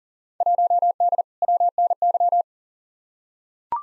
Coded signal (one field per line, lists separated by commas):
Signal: Morse code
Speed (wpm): 40 wpm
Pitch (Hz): 700 Hz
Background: none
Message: 1D WNY